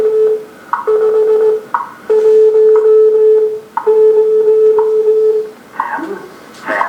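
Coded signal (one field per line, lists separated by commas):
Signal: radio time signal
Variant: WWV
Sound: steady mid-pitched tone interrupted by sharp ticks roughly once per second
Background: old tube radio playback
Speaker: you go, 1955, Eastern Standard Time. Return, Eastern Standard Time is 10:10 a.m. This is something you probably would have heard on this radio would have heard back in the day.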